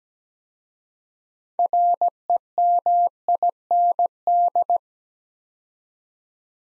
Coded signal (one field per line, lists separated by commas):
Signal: Morse code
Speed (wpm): 17 wpm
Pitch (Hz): 700 Hz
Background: none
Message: REMIND